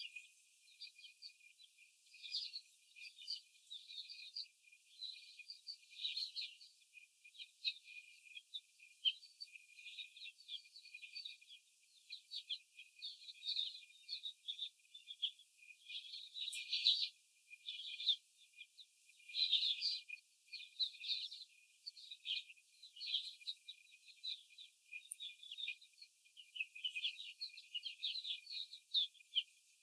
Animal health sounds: young laying hens in a cage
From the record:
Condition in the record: before the stressor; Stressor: simulated dog barking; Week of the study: 4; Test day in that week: 3

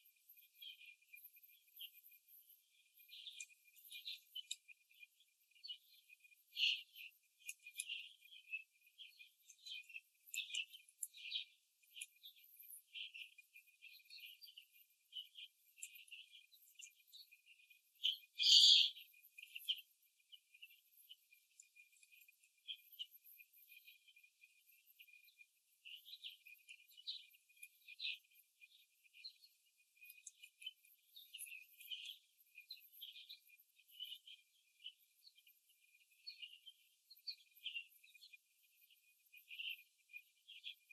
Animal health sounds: young laying hens in a cage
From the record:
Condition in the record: before the stressor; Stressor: simulated dog barking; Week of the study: 2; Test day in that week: 3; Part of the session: 3

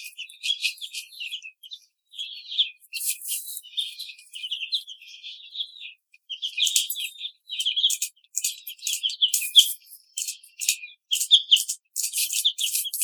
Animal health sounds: young laying hens in a cage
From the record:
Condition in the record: treatment cage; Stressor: simulated dog barking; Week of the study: 5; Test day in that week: 1

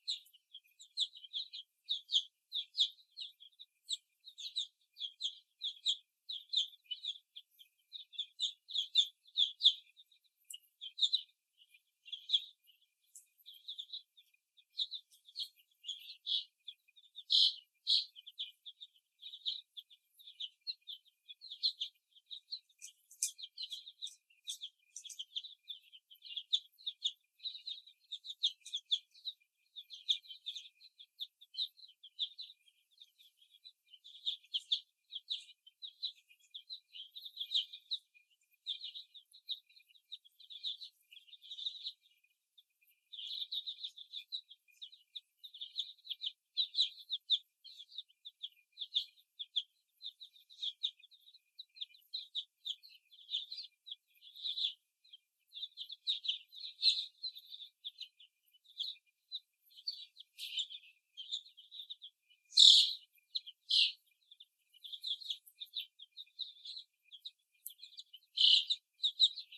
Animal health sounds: young laying hens in a cage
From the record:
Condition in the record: before the stressor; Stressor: simulated dog barking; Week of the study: 1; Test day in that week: 2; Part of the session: 3

